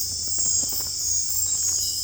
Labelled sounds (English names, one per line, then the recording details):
none
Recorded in secondary vegetation near Puerto Asís, Putumayo, Colombia, on 20 December 2024 at 21:00
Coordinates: 0.481, -76.318
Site G042